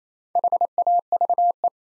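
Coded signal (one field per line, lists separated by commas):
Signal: Morse code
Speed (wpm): 28 wpm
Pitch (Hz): 700 Hz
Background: none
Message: HAVE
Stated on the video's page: New-word drill at 28 wpm: each word sent in Morse, then spoken, then sent again.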